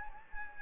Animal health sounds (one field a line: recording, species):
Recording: mosquito wingbeat signal from an infrared sensor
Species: Anopheles gambiae